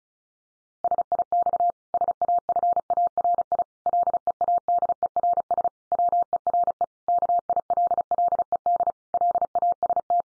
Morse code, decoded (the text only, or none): SIX SAFARI LEADERS WERE KILLED LAST